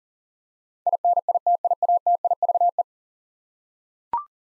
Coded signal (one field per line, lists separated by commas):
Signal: Morse code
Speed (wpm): 40 wpm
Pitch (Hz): 700 Hz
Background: none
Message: INITIATIVE